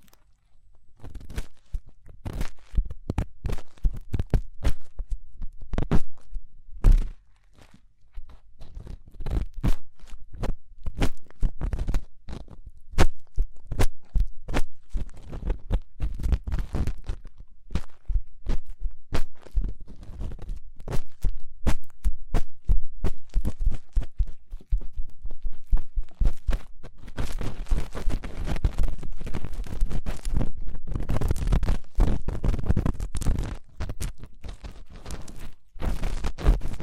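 Fast, intense ear cleaning: rapid bursts of scratching, rubbing and crunching sounds fire off in dense, irregular clusters with brief pauses, notably near seven seconds. The sounds are sharp and crisp, running from low thuds to bright hiss, and grow thicker and more continuous after about twenty-six seconds.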